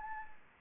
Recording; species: mosquito wingbeat signal from an infrared sensor; Anopheles arabiensis